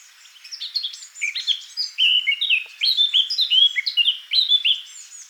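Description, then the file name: Eurasian blackcap song: a soft scratchy start building into loud, clear whistled notes that fall in pitch, delivered in a rapid, varied sequence. "Sylvia atricapilla"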